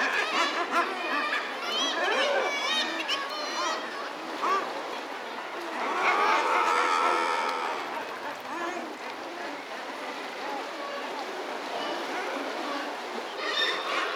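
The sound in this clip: Guillemot calls in a dense chorus: harsh, laughing growls rise and fall as many birds call at once, swelling around the middle before settling back.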